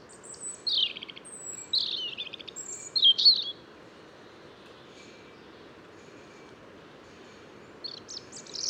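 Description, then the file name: European robin singing three short, high, wavering phrases in quick succession, then silence before a brief thin phrase at the end. "Erithacus rubecula"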